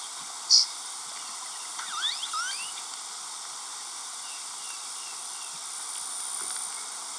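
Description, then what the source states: Blue grosbeak giving one short, sharp, high flight note near the start, followed by fainter chirps over a steady hiss. Diurnal flight call of a perched bird; Texas, April 18, 1994.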